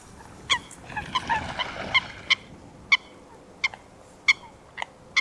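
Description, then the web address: Eurasian coot calling with abrupt, clipped high notes about every half second to second, with a brief rushing noise early on. "Foulque macroule Fulica atra. Audrey Beauduc"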